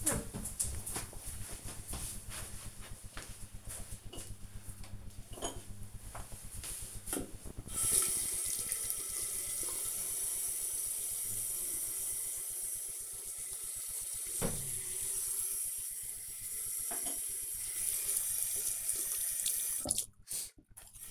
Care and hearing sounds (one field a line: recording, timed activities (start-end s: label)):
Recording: household activities, microphone on the right wrist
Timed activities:
4.59-21.11 s: brushing teeth